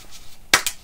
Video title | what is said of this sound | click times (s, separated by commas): Дорожные бутылки поилки для собак сравнение Trixie и Aqua Dog | берем вот так до щелчка вот | 0.5 s